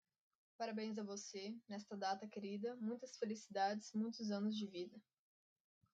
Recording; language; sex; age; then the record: short text; Brazilian Portuguese; female; 20 to 29 years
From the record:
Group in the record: control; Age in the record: 25 years